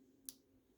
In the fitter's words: Yeah, that's the first click.